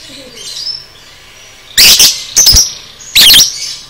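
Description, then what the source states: Lovebird shrieks: three harsh, piercing bursts over soft, high chatter in the background. Masteran training recording of 'paud' lovebird song, made for teaching cage birds.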